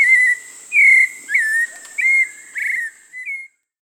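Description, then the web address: Hauxwell's thrush giving several clear whistled notes, some sliding down, then stopping, with a steady high hum in the background. South America. "Natures Songs S America Hauxwell's Thrush"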